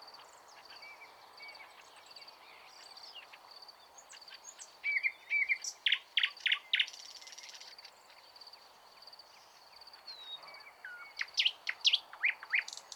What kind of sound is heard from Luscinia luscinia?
song